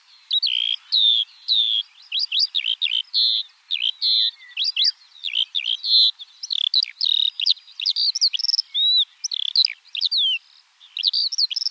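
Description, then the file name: Eurasian skylark song, a long and nearly continuous cascade of high twittering notes, slurs and quick trills. In flight. "alouette des champs en vol"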